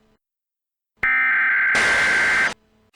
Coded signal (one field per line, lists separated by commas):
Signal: Emergency Alert System (SAME) tones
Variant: header bursts